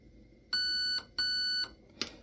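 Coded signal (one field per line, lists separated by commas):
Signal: beep code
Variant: Raven Evolution Furion ETU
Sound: two steady electronic beeps, each about half a second, then a click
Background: mechanical click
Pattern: 2 beeps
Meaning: The setting has been programmed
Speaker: that beep now means that is programmed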